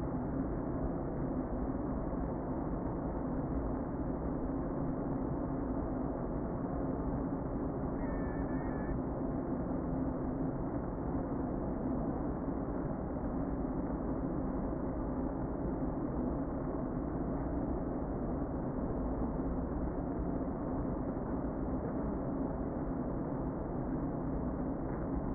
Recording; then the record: honeybee colony, microphone inside the hive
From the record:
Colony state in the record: queen present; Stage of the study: before two queens were removed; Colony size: about 60,000 bees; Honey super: yes